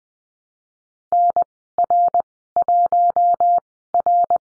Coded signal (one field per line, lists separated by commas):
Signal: Morse code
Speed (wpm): 20 wpm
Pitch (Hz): 700 Hz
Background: none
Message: NR1R